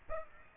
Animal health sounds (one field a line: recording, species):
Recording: mosquito wingbeat signal from an infrared sensor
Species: Aedes aegypti